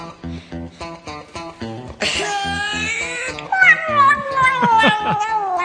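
A steady thumping beat plays, then a cat lets out a long, drawn-out meow followed by wavering, downward-sliding cries as the rhythm continues underneath.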